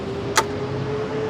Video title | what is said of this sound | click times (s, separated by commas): The Rolls Royce of Wooden Boats | Just clicks in place. | 0.4 s